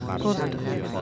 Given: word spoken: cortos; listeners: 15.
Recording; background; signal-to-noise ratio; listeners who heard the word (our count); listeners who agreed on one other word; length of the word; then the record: one Spanish word in noise, from a listening test; eight-talker babble; -1.2 dB; 0 of 15; 6 of 15; 0.61 s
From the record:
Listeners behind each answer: 6, 2, 1, 1, 1, 1, 1, 1, 1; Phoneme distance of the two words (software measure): 7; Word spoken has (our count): 2 syllables, 6 phonemes, stress on syllable 1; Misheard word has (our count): 2 syllables, 5 phonemes, stress on syllable 1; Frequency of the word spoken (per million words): 13.41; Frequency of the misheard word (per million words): 54.48